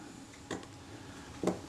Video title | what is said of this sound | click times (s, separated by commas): A donated Kodak Retina IIIc, part 09 | and clockwise that clicks into place that's our front group it was easy enough | 1.5 s